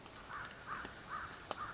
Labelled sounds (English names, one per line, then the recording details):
American Crow
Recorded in Sonoma County, California